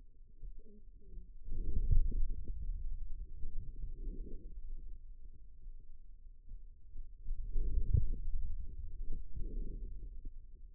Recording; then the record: forearm muscle sounds (acoustic myography)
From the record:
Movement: hand closing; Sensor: system 2, bracelet of six BSWA MPA416 microphones around the upper forearm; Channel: 4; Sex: male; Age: 22 years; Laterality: right